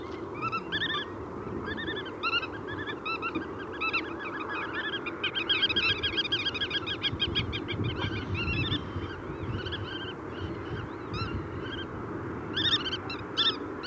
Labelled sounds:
Black-tailed Godwit call
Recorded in the wild
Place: Amsterdam, Noord-Holland, NL
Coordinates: 52.368, 4.904
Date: 1990-05-14
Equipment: Nagra III BH, Sennheiser MD 21, parabola
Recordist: Schubert, Michael

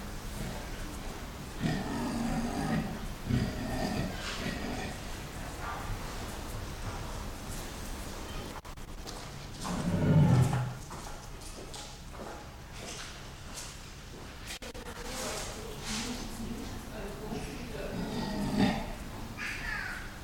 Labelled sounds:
Leopard
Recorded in captivity
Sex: male
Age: adult
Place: Zoo Münster, Nordrhein-Westfalen, DE
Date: 1991-09-24 17:10
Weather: schwül, 22-24°C
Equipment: Marantz CP 430, Sennheiser ME 80, K 30 AV, Kopie Tesla B 116
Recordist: Tembrock, Günter
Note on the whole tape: Nordpersischer Leopard (P. p. saxicolor): Männchen - diverse Lautformen

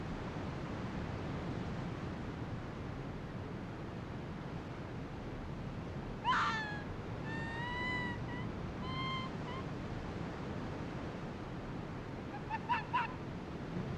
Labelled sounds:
Arctic Fox call
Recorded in the wild
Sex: female
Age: adult
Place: Insel Mednyi, Kommandeur-Inseln, RU
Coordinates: 54.5167, 168.083
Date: 1999-07-15
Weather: Hochnebel, 8,4°C, am Strand klare Sicht
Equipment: Sony WM-D6C, Sennheiser ME 80, Schalter I, Windkorb, Kopie Tascam DA 30
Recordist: Frommolt, Karl-Heinz
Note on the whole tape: Pereshejek, Weststrand, Höhle vor Kap Dlinnyi: "Wa"-Laute und rhythmische Folgen von Polarfuchsfähe links Rot/Gelb 32 in 30 m Entfernung. Tier befindet sich auf Stein vor Höhle. Laute werden zum Beobachter hin gerichtet

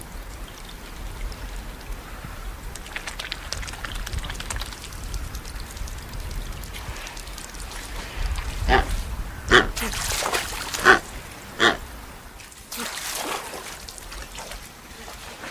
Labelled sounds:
Coscoroba Swan call
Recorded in captivity
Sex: pair
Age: adult
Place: Zoo Berlin, Berlin, DE
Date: 2008-01-03 14:45
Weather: overcast, -3°C
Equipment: Sony WM-D6C, Sennheiser ME 80, Kopie Uher 4000 Report Monitor
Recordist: Tembrock, Günter

